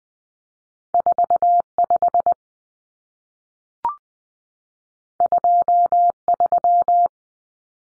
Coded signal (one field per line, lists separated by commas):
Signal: Morse code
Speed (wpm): 20 wpm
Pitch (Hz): 700 Hz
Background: none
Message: 45 23